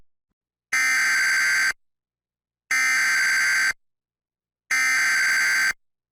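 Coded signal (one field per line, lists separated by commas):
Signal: Emergency Alert System (SAME) tones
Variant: header bursts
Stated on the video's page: Required monthly test and severe thunderstorm warnings received on TV, with audio monitored from a relay network.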